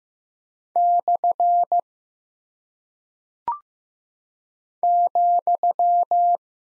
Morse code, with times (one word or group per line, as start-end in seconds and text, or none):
0.8-1.8 /
4.8-6.4 ,